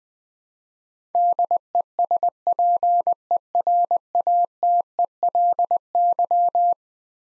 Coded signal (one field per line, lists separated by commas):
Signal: Morse code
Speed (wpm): 20 wpm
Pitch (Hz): 700 Hz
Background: none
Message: DESPERATELY